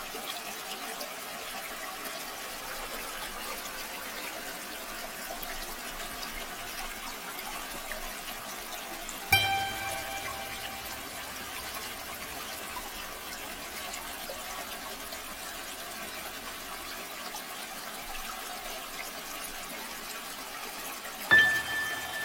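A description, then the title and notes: Gentle running water flows steadily with a soft, even hiss, broken by two brief knocks or clinks near nine and twenty-one seconds. Running Water Soft Relaxation Sounds White Noise. The gentle and continuous flow of running water.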